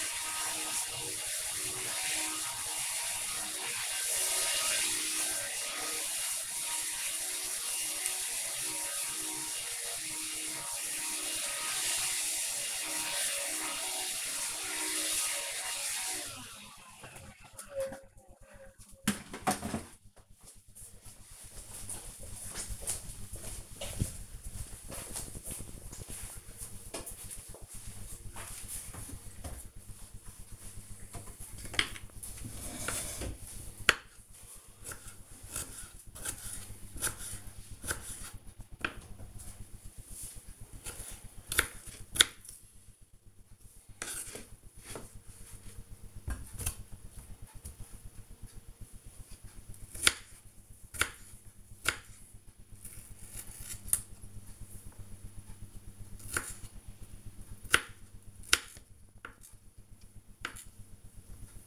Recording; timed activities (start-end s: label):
household activities, microphone on the right wrist
0.00-16.55 s: vacuum cleaning
30.63-61.67 s: cutting vegetables